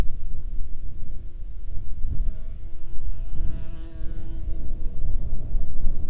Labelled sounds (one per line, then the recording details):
wind
insects
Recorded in the Prudhoe Bay oil fields, Alaska, on 9 June 2019 at 16:25
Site 21